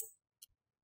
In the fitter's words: we'll just push these together and then you'll hear a click and